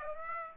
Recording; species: mosquito wingbeat signal from an infrared sensor; Aedes aegypti